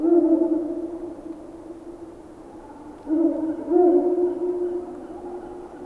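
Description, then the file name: Ural owl hooting: a low hoot opens, then two more close together after about three seconds. "Digiffects Sound Effects Library - Ural Owl Whooing"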